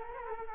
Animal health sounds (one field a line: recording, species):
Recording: mosquito wingbeat signal from an infrared sensor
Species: Culex quinquefasciatus